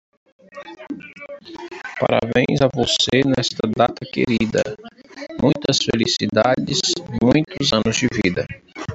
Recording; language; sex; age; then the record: short text; Brazilian Portuguese; male; 30 to 39 years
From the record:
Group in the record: control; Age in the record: 33 years